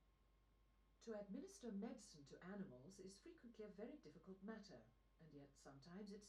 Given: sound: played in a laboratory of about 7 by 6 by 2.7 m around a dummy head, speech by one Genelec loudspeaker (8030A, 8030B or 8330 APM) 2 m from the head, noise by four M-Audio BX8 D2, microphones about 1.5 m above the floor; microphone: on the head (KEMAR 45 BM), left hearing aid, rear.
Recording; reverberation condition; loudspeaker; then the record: female speech in English; low; 90 degrees to the right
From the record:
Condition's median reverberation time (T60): about 310 ms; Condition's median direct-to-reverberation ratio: about 3.5 dB